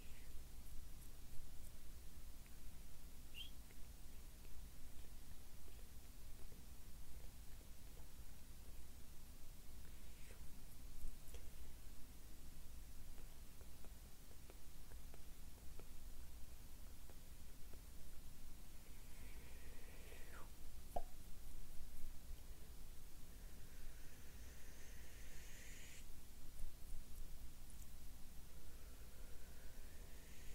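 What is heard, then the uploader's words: Hand movements and soft mouth sounds over a steady hiss with a low hum underneath. Faint clicks and rustles come sparsely throughout. Around 20 seconds a quick sliding sound appears, followed by a brighter brushing stretch near 23–26 seconds and again at the end. ASMR PLUCKING NEGATIVE ENERGY ASMR CLEANING ENERGY, ASMR HAND MOVEMENTS MOUTH SOUNDS.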